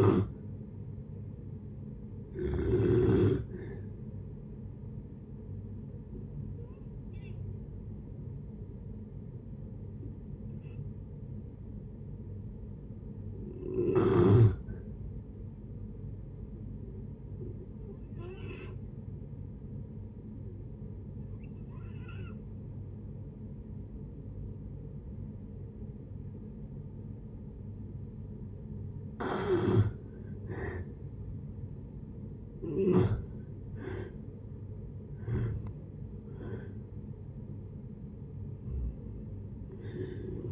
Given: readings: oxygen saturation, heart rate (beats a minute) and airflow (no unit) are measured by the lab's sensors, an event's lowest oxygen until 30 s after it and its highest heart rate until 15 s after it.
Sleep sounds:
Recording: breathing in sleep by a smartphone at the bedside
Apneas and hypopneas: 1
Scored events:
4.00-32.80 s: hypopnea (N1, oxygen 96% highest, then 85% lowest, heart rate 71 at the start, 78 highest)
11.00-40.52 s: new sleep stage, N2 (light sleep)
From the record:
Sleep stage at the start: N1 (lightest sleep)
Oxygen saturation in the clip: 84 to 96%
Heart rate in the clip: 55 to 78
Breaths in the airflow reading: 9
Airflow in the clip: -8.0 to 10.3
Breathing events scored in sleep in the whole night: 496 in 5.4 hours asleep

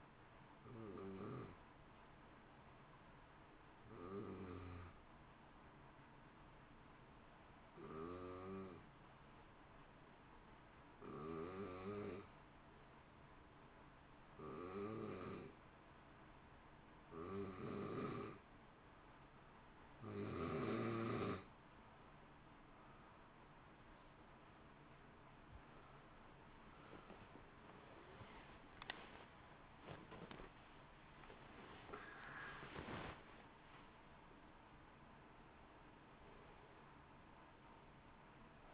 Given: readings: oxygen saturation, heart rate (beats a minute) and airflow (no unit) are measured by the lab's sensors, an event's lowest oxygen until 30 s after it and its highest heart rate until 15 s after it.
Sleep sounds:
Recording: breathing in sleep by a voice recorder at the bedside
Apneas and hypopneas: 1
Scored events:
5.00-22.30 s: hypopnea (N1, oxygen 94% highest, then 87% lowest, heart rate 55 at the start, 70 highest)
15.00-38.74 s: new sleep stage, N2 (light sleep)
From the record:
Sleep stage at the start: N1 (lightest sleep)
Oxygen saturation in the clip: 87 to 94%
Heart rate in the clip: 55 to 70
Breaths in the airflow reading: 12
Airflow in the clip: -1.2 to 2.4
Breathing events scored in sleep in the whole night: 328 in 6.3 hours asleep

